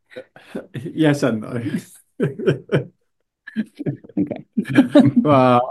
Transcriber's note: laugh